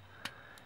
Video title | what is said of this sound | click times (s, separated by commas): Takara Movie Advanced Age of Extinction Lockdown Review | just kind of lock into place like that. | 0.3 s